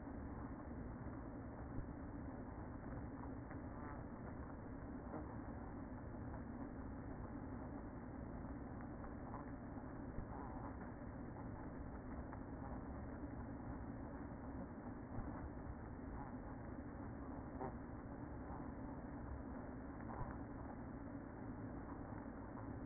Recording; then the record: honeybee colony, microphone inside the hive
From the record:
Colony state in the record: queen present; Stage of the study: after two queens were removed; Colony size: about 60,000 bees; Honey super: yes